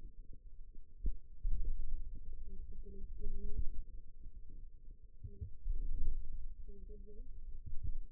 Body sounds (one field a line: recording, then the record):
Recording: forearm muscle sounds (acoustic myography)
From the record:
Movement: pen grasping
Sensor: system 2, bracelet of six BSWA MPA416 microphones around the upper forearm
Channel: 3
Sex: female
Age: 21 years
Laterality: right